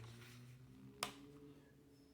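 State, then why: Seated. The plastic fold hinge on the headband of JLab Studio Wireless headphones is clicked back into its locked position, giving one short, sharp click at 1.0 s over a quiet background. The hinge locks in place.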